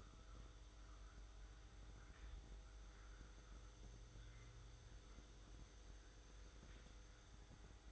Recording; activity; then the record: daily activity, microphone in the room; make coffee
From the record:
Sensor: 3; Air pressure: 995.1 hPa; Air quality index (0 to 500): 71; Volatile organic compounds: 4 ppm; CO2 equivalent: 1640 ppm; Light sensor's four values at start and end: 17/50/21/18 and 17/50/21/18